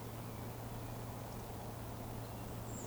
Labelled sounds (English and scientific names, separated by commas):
Eurasian Woodcock (Scolopax rusticola) whistle